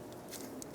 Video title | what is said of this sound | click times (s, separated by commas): How to Replace Knock Sensor 2005-2010 Chevrolet Cobalt | so now i'm going to connect it until it clicks that's right there | 0.6 s